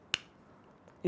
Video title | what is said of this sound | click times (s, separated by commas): Versace eros best alternatives in budget 😍 Lattafa Pride blue sapphire 😍 Riiffs imperial blue | click की आवाज़ सुनें। | 0.1 s